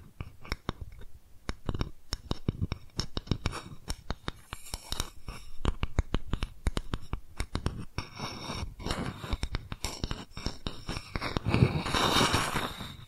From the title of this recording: Tapping Different Areas of Your Brain 3D Panning Triggers